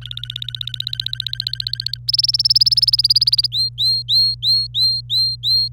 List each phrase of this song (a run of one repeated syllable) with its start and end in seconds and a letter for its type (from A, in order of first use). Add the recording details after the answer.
0.01-1.97 A, 2.08-3.46 B, 3.52-5.68 C. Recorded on 26 April 2018 at 09:33. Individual llb3